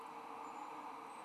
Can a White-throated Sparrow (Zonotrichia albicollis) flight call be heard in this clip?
no